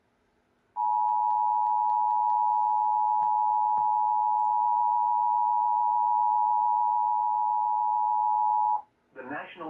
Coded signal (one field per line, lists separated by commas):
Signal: Emergency Alert System (SAME) tones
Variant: 853 and 960 Hz attention tone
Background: speech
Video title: EAS Flash Flood Warning (March 30th, 2025) #2